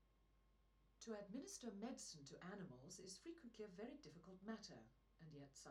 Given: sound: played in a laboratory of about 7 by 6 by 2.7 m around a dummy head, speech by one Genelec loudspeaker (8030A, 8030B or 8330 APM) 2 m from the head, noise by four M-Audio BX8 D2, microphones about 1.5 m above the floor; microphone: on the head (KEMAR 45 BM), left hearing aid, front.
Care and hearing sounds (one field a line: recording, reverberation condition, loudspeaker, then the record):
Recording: female speech in English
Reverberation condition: low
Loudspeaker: behind (180 degrees)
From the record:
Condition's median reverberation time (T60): about 310 ms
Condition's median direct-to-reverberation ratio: about 3.5 dB